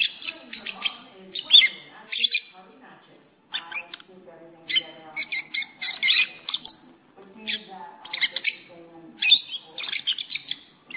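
Lovebird chirps in sharp, high bursts broken by short silences, mixing harsh chatter with squeaky notes.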